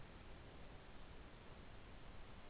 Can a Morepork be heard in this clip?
no